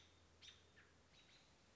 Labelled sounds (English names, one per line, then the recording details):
American Robin
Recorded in Sonoma County, California